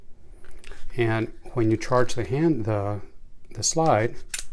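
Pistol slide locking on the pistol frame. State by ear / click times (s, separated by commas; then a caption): not seated / none. Someone talks while handling a Walther SSP Match target pistol, using its wide charging handles to charge the metal slide on the pistol frame, with a couple of brief faint mechanical ticks near the start. Nothing has seated or clicked yet; the slide has not locked into place.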